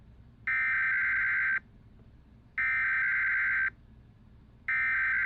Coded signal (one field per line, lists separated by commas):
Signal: Emergency Alert System (SAME) tones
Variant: header bursts